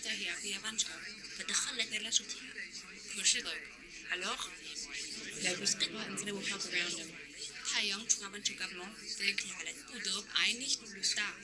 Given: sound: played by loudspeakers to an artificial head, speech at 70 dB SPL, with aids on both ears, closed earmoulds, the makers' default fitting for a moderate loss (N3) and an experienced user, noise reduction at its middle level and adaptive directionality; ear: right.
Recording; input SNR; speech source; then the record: speech test signal (ISTS) in cocktail-party noise; 0 dB; in front (0 degrees)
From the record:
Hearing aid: class 1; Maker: H